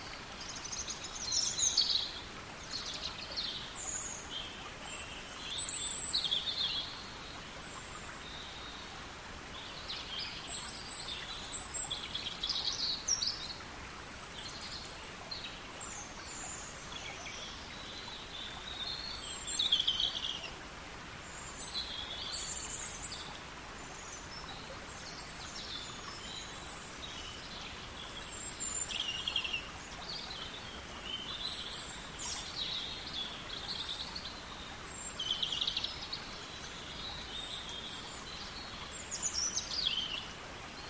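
A robin sings in short, bright, tumbling phrases, pausing briefly and starting again every few seconds across the whole recording. Beneath the song, a Welsh stream keeps up a steady, even rush that never changes.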